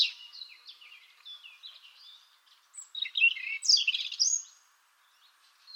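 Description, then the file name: European robin song: quiet, thin warbling that rises into a louder cluster of high, tumbling notes, then falls silent. "Erithacus rubecula"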